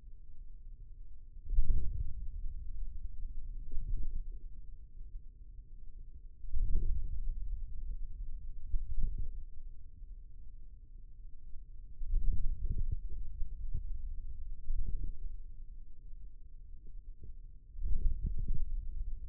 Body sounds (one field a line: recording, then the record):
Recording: forearm muscle sounds (acoustic myography)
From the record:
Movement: hand closing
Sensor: system 2, bracelet of six BSWA MPA416 microphones around the upper forearm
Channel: 4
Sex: male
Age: 22 years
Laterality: right